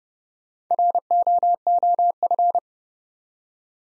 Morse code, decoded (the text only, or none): ROOF